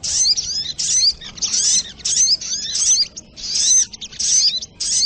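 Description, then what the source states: Little Spiderhunter with rapid, shrill, buzzy twittering in several bursts, interspersed with thin rising whistles. Training recording (masteran) of a sogok ontong, labelled 'Labaik'.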